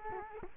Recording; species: mosquito wingbeat signal from an infrared sensor; Culex quinquefasciatus